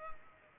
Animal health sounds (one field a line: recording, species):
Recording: mosquito wingbeat signal from an infrared sensor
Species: Culex pipiens